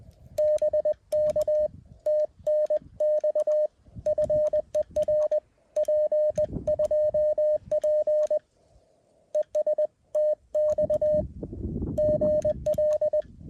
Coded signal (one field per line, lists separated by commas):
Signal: Morse code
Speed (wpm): 21 wpm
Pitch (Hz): 590 Hz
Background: radio noise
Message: BK TNX FER P2P ES TX GL